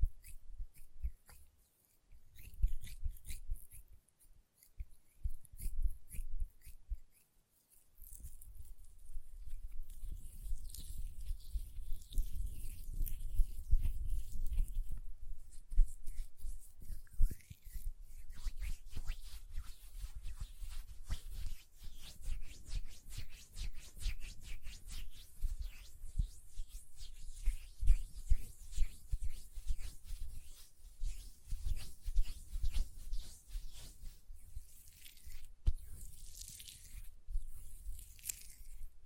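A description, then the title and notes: Hands rubbing lotion make soft, wet, sticky friction sounds that run almost continuously, with brief pauses near 3 and 7 seconds. The rubbing turns denser after 10 seconds, with rapid crackly clicks and squishes. A low rumble sits underneath throughout. Hand Sounds, Nail Tapping and Lotion Sounds.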